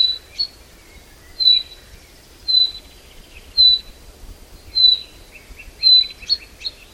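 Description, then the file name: Common chaffinch producing a crisp high note roughly once a second, with faint twittering and low background noise. "Fringilla coelebs"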